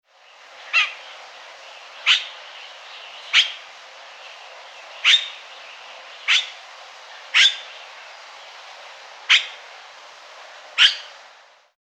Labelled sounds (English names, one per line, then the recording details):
Yellow-rumped Cacique
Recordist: Tembrock, Günter
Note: Einzelrufe